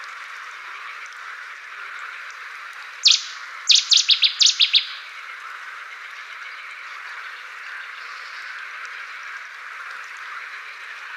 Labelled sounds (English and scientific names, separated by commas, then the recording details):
Cetti's Warbler (Cettia cetti) song
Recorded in the wild
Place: Damtschik/Wolgadelta, RU
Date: 1995-05-16
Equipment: Dat-Recorder Casio DA 7, Telinga DAT, Telinga-Parabolspiegel
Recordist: Schwarz, Dieter